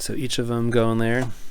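Small plastic drone flight batteries are handled at a triple battery charging hub, where they slide in and click into place. Someone talks throughout the clip. Nothing has seated or clicked yet.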